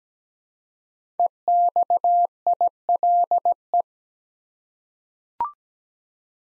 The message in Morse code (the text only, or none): EXILE